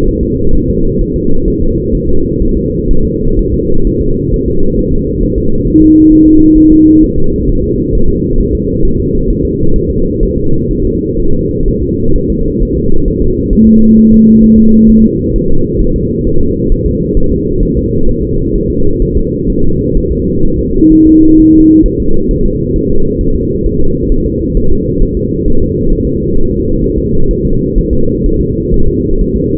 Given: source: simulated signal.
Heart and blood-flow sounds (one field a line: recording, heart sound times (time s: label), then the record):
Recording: fetal heart sounds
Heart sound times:
0.09 s: S1
0.23 s: S2
0.55 s: S1
0.70 s: S2
1.02 s: S1
1.16 s: S2
1.48 s: S1
1.62 s: S2
1.95 s: S1
2.09 s: S2
2.42 s: S1
2.57 s: S2
2.91 s: S1
3.05 s: S2
3.39 s: S1
3.54 s: S2
3.87 s: S1
4.02 s: S2
4.34 s: S1
4.48 s: S2
4.79 s: S1
4.93 s: S2
5.23 s: S1
5.38 s: S2
5.68 s: S1
5.82 s: S2
6.12 s: S1
6.27 s: S2
6.58 s: S1
6.72 s: S2
7.03 s: S1
7.18 s: S2
7.50 s: S1
7.64 s: S2
7.95 s: S1
8.10 s: S2
8.40 s: S1
8.55 s: S2
8.85 s: S1
9.00 s: S2
9.30 s: S1
9.45 s: S2
9.76 s: S1
9.91 s: S2
10.23 s: S1
10.37 s: S2
10.71 s: S1
10.85 s: S2
11.20 s: S1
11.34 s: S2
11.68 s: S1
11.83 s: S2
12.16 s: S1
12.30 s: S2
12.62 s: S1
12.77 s: S2
13.08 s: S1
13.22 s: S2
13.53 s: S1
13.67 s: S2
13.98 s: S1
14.12 s: S2
14.44 s: S1
14.58 s: S2
14.90 s: S1
15.04 s: S2
15.36 s: S1
15.50 s: S2
15.81 s: S1
15.96 s: S2
16.27 s: S1
16.41 s: S2
16.72 s: S1
16.86 s: S2
17.17 s: S1
17.32 s: S2
17.63 s: S1
17.77 s: S2
18.09 s: S1
18.23 s: S2
18.55 s: S1
18.70 s: S2
19.02 s: S1
19.17 s: S2
19.50 s: S1
19.64 s: S2
19.97 s: S1
20.12 s: S2
20.45 s: S1
20.59 s: S2
20.93 s: S1
21.07 s: S2
21.40 s: S1
21.54 s: S2
21.86 s: S1
22.00 s: S2
22.31 s: S1
22.46 s: S2
22.76 s: S1
22.91 s: S2
23.21 s: S1
23.36 s: S2
23.66 s: S1
23.81 s: S2
24.12 s: S1
24.26 s: S2
24.57 s: S1
24.72 s: S2
25.03 s: S1
25.17 s: S2
25.48 s: S1
25.62 s: S2
25.93 s: S1
26.07 s: S2
26.38 s: S1
26.52 s: S2
26.84 s: S1
26.98 s: S2
27.31 s: S1
27.45 s: S2
27.78 s: S1
27.93 s: S2
28.26 s: S1
28.41 s: S2
28.74 s: S1
28.88 s: S2
29.21 s: S1
29.36 s: S2
From the record:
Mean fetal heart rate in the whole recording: 130 bpm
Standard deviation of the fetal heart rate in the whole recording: 4 bpm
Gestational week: 38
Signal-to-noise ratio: -19.1 dB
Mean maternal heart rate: 72 bpm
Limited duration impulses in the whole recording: present